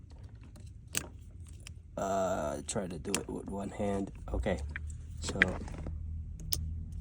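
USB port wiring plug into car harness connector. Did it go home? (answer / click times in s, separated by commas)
yes / 6.5 s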